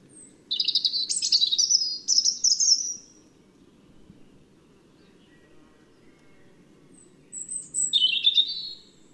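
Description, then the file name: European robin singing high, tinkling warbled phrases lasting about three seconds, then a long pause before another short sweet phrase begins. "Erithacus rubecula"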